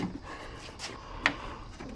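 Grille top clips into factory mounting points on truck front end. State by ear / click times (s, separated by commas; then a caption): partly seated / 1.3 s. An AM Offroad grille is pushed back onto a Bronco truck's front end after one side popped out, its top clips pressing into the factory mounting points. A single sharp click comes at 1.3 s over a low, steady background. The top clips are not fully snapping in, so the grille is only partly seated.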